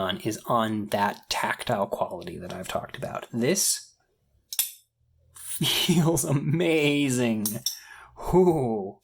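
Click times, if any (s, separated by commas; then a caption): 4.5 s, 4.6 s. A titanium Pro-Tech Malibu folding knife has its blade flicked open, and the lock engages with a sharp click at 4.5 s and 4.6 s, leaving the blade locked open in its handle. Someone talks before and after the click, and the solid click stands in contrast to a hollow, echoey aluminum version.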